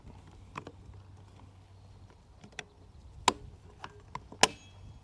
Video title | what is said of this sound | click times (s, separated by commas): New Lee Armory 6.5 Grendel AK from Copper Custom | And that gets it to pop into place, so you don't have to take the handguard off. | 4.4 s